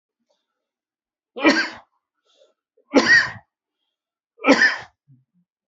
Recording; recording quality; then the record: heavy voluntary cough; excellent, no background noise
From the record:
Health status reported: healthy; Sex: male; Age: 47 years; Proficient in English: yes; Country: India